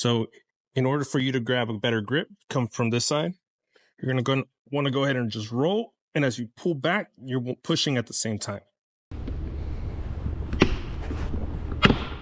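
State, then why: Seated. Someone talks, then rolls the rubber window sweep gasket onto the door panel lip of a 2019-2023 Chevrolet Silverado pickup truck door, pulling back while pushing, while reinstalling it after removal for bottom-loading window tint. Steady handling noise starts around 9.1 s with a short sharp tick near 10.6 s. A loud, crisp snap at 11.9 s marks the sweep seating onto the door.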